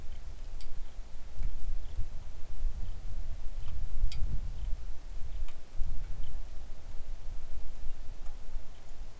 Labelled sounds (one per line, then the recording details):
songbird
wind
rain
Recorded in the Arctic National Wildlife Refuge, Alaska, on 3 August 2019 at 10:14
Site 41